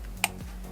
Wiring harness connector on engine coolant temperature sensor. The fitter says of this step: okay, until it clicks out and pull it out.